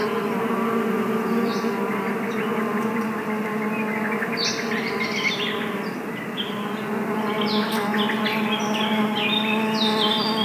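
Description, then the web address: Steady buzzing of bees as a rich low drone, with brief high bird chirps scattered mostly across the second half. Bees recorded in woods. "best service Blue Box animals bees woods"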